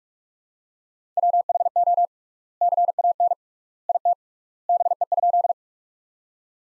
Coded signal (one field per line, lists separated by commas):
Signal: Morse code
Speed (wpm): 46 wpm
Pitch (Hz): 700 Hz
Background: none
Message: WHO CAN IT BE?